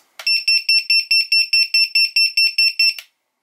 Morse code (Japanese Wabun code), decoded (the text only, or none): none